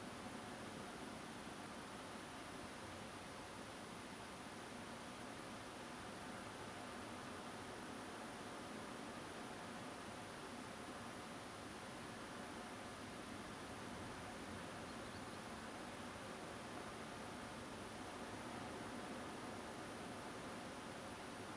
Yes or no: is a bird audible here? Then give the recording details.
yes. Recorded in France